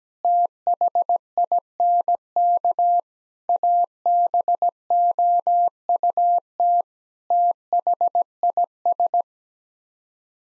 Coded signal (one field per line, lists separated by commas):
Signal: Morse code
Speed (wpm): 17 wpm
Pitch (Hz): 700 Hz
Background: none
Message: THINK ABOUT THIS